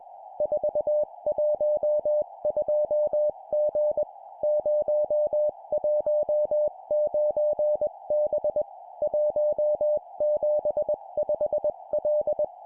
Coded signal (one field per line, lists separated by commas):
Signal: Morse code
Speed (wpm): 21 wpm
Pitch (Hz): 600 Hz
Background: music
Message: 412G 019B 175L